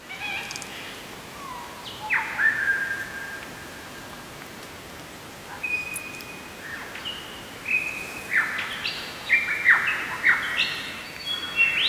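A lyrebird calls in an Australian forest, pouring out a varied run of whistles, sharp downward sweeps and clear held notes, mostly in the upper-middle range. The phrases come in bursts, busiest in the second half, over a faint, steady background hush.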